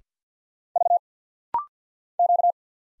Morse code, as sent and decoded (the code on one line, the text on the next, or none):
...- / --.-
V Q